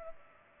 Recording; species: mosquito wingbeat signal from an infrared sensor; Culex pipiens